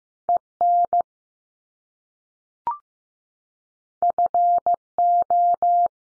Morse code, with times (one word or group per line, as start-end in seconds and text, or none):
0.3-0.4 E
0.6-1.0 N
4.0-4.7 F
5.0-5.9 O